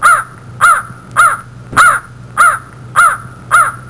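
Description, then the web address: Crow cawing: seven harsh, nasal caws, each slightly arched in pitch, spaced evenly about every 0.6 seconds, with a low steady hum beneath. "Soundsation. Animals Crows"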